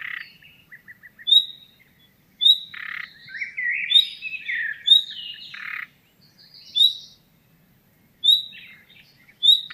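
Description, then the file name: Common nightingale: sharp rising whistle notes repeated at intervals, interleaved with harsh grating croaks and a brief jumbled warbled passage in the middle. "Luscinia megarhynchos"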